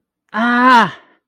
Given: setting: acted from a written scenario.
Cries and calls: vocal sound without words; pain

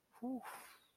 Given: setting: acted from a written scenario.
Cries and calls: vocal sound without words; negative surprise

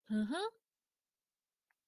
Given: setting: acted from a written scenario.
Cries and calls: vocal sound without words; interest

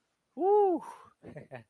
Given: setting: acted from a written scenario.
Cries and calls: vocal sound without words; elation

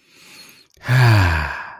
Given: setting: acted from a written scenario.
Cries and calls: vocal sound without words; contentment

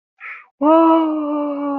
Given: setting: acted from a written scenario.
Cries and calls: vocal sound without words; negative surprise

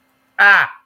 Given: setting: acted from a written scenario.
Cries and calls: vocal sound without words; pain

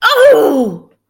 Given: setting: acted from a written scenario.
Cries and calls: vocal sound without words; pain

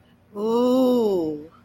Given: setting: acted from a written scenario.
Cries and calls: vocal sound without words; awe

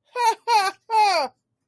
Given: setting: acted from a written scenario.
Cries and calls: vocal sound without words; amusement

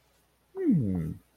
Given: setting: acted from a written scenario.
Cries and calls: vocal sound without words; neutral

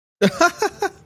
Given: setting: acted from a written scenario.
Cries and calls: vocal sound without words; elation

